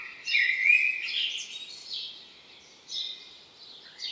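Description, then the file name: Common blackbird with a short warbled phrase ending in a high squeak, then quieter fragments, against a steady hiss. "Turdus merula"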